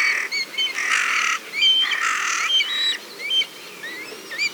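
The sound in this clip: Bird song: a loud, varied run of whistled slurs, rich warbled phrases and quick upward-sweeping notes, delivered almost continuously.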